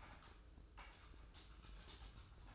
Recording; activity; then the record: daily activity, microphone in the room; typing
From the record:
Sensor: 2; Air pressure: 995.1 hPa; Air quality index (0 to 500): 64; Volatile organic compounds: 2 ppm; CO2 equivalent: 1090 ppm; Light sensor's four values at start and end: 17/57/21/22 and 17/57/21/22